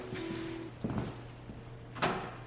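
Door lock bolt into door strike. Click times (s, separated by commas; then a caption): 0.9 s, 1.0 s. A door lock's bolt is turned into the door strike to show how the lock sounds, in contrast to a different, unexplained click. It makes a short double click at 0.9 s and 1.0 s as the lock clicks shut over a steady low hum, followed by a brighter knock near 2.0 s. The lock is now engaged.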